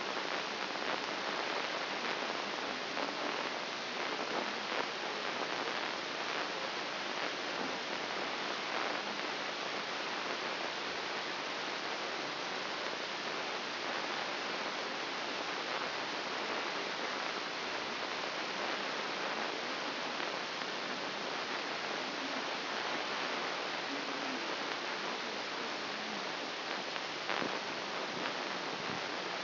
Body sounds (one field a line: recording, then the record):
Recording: brain microelectrode recording played as sound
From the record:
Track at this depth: inside the subthalamic nucleus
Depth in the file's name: 6.305 mm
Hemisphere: left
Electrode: 3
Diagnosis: Parkinson's disease